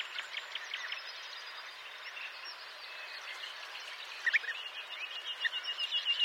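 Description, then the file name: European bee-eater calls: short rolling, chirpy notes repeated irregularly, growing louder toward the end, over a steady background hiss. "Guepier d Europe"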